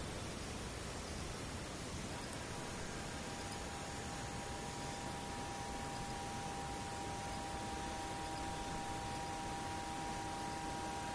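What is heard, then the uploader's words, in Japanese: Near-silence filled with steady soft hiss, with distant insects showing as thin, unbroken whining tones that hold throughout and never change pace. 無音遠くにムシ。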